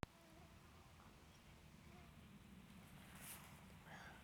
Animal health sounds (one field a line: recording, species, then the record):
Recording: mosquito flight sound by mobile phone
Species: Aedes sierrensis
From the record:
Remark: free flight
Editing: field recording with all noises